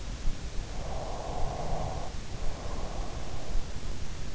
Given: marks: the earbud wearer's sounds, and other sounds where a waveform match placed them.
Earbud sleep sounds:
sounds in sleep by an in-ear microphone; breath
0.48-3.77 s: breath

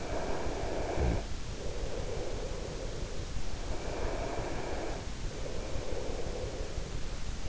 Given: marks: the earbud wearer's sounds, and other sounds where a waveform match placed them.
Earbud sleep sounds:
sounds in sleep by an in-ear microphone; breath
0.00-3.47 s: breath
3.74-6.93 s: breath

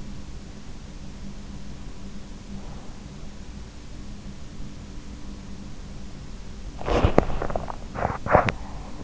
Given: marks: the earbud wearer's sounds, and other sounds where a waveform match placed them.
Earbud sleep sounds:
sounds in sleep by an in-ear microphone; breath, body movement, teeth grinding
2.13-3.39 s: breath
6.42-7.81 s: body movement
7.81-9.04 s: teeth grinding

